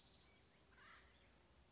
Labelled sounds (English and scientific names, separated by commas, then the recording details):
Acorn Woodpecker (Melanerpes formicivorus)
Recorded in Sonoma County, California